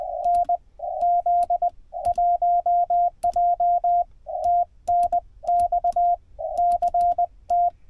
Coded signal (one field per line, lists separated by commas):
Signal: Morse code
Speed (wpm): 19 wpm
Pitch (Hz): 700 Hz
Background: none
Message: NZ1J TNX CT